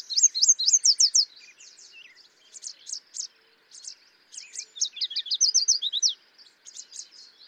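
Yellow warbler delivers a loud rapid phrase of high whistled notes, then softer scattered notes and a second strong phrase, other birds faintly chirping.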